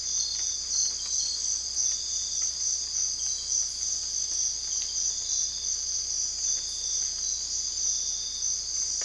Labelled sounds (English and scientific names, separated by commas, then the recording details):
none
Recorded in dense forest near Puerto Asís, Putumayo, Colombia, on 20 December 2024 at 04:30
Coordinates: 0.485, -76.318
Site GP03